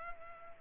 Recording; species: mosquito wingbeat signal from an infrared sensor; Culex pipiens